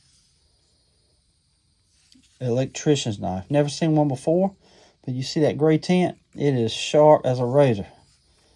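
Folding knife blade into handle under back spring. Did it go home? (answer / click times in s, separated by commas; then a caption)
no / none. A vintage Boker Tree Brand, USA electrician's folding knife with a gray-tinted, razor-sharp blade is being handled, with its blade to be closed into the handle under a strong back spring. A faint tick is heard at about 2.1 s, then someone talks through most of the clip. Nothing has seated or clicked yet; the blade has not snapped shut.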